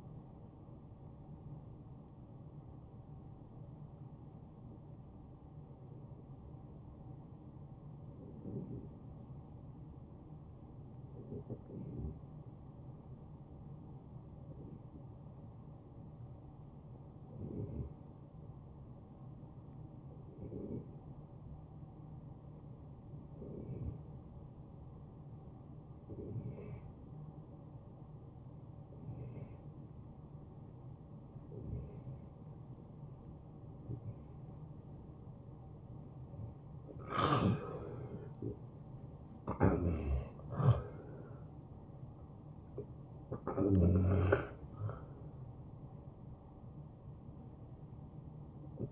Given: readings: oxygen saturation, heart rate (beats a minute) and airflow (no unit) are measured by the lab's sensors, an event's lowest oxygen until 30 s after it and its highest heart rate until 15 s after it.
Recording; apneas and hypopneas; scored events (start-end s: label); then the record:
a person awake in a sleep study, by a smartphone at the bedside; 1
3.00-43.10 s: hypopnea (N1, oxygen 94% highest, then 89% lowest, heart rate 72 at the start, 79 highest)
16.00-46.00 s: new sleep stage, awake
18.00-48.92 s: awake
46.00-48.92 s: new sleep stage, N1 (lightest sleep)
From the record:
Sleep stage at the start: N1 (lightest sleep); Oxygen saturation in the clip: 90 to 94%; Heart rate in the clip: 58 to 78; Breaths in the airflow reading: 10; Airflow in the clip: -10.9 to 7.5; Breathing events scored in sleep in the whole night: 263 in 5.5 hours asleep